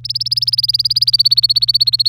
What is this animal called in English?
Domestic Canary